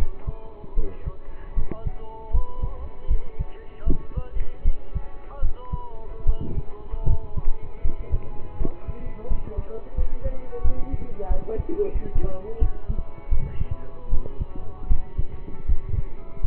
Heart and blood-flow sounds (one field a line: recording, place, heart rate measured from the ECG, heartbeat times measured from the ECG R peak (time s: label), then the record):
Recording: heart sounds by stethoscope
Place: between the tricuspid and mitral areas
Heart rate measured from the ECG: 80 bpm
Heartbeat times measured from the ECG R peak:
0.74 s: heartbeat
1.54 s: heartbeat
2.31 s: heartbeat
3.07 s: heartbeat
3.84 s: heartbeat
4.62 s: heartbeat
5.40 s: heartbeat
6.24 s: heartbeat
7.04 s: heartbeat
7.81 s: heartbeat
8.57 s: heartbeat
9.27 s: heartbeat
9.94 s: heartbeat
10.61 s: heartbeat
11.27 s: heartbeat
11.92 s: heartbeat
12.58 s: heartbeat
13.29 s: heartbeat
14.09 s: heartbeat
14.87 s: heartbeat
15.65 s: heartbeat
16.41 s: heartbeat
From the record:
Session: rest, lying down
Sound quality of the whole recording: partially saturated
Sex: male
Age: 27 years